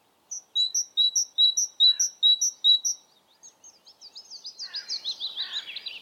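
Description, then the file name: Great tit song: a bright two-note phrase repeated about seven times at a quick steady pace, then a softer run of varied twittering notes. "Parus major"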